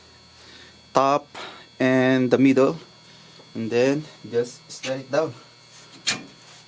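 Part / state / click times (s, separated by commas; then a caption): radiator hose or line fitting into radiator connection / not seated / none. During a radiator installation on a 2007 Mitsubishi Lancer, a radiator hose or line fitting is lined up at the top and middle and slid down toward its radiator connection while someone talks over a faint steady hum. Nothing has seated or clicked yet; the clip ends just before the fitting goes home.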